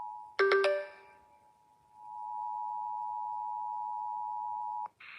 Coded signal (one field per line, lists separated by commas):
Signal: Emergency Alert System (SAME) tones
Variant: 853 and 960 Hz attention tone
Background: music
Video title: EAS PDS Tornado Watch #36 3/14/25 (Credit Goes To @SouthernPennsylvaniaWX & @KanawhaCountyWX)